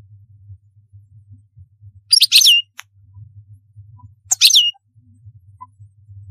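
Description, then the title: European goldfinch with two lively jangling twitter phrases about two seconds apart, set against a steady low hum. "Chant Chardonneret"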